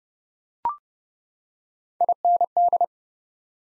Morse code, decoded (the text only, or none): IND